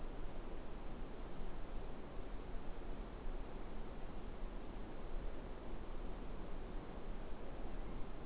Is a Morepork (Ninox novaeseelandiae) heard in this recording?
no